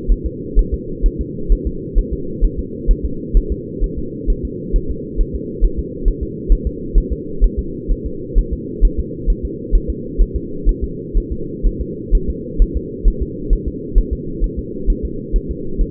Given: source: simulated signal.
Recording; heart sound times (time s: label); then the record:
fetal heart sounds
0.12 s: S1
0.26 s: S2
0.59 s: S1
0.74 s: S2
1.06 s: S1
1.21 s: S2
1.52 s: S1
1.67 s: S2
1.98 s: S1
2.13 s: S2
2.44 s: S1
2.59 s: S2
2.91 s: S1
3.06 s: S2
3.37 s: S1
3.52 s: S2
3.84 s: S1
3.98 s: S2
4.30 s: S1
4.45 s: S2
4.76 s: S1
4.91 s: S2
5.21 s: S1
5.35 s: S2
5.65 s: S1
5.79 s: S2
6.08 s: S1
6.23 s: S2
6.52 s: S1
6.67 s: S2
6.98 s: S1
7.12 s: S2
7.44 s: S1
7.59 s: S2
7.91 s: S1
8.06 s: S2
8.38 s: S1
8.53 s: S2
8.85 s: S1
9.00 s: S2
9.30 s: S1
9.45 s: S2
9.75 s: S1
9.90 s: S2
10.21 s: S1
10.36 s: S2
10.69 s: S1
10.84 s: S2
11.18 s: S1
11.32 s: S2
11.66 s: S1
11.81 s: S2
12.15 s: S1
12.30 s: S2
12.62 s: S1
12.77 s: S2
13.08 s: S1
13.22 s: S2
13.53 s: S1
13.68 s: S2
13.98 s: S1
14.13 s: S2
14.44 s: S1
14.59 s: S2
14.90 s: S1
15.05 s: S2
15.36 s: S1
15.51 s: S2
15.81 s: S1
From the record:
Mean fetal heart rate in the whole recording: 130 bpm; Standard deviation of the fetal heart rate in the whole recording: 4 bpm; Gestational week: 38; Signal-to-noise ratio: -4.3 dB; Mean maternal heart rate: 72 bpm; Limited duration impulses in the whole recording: present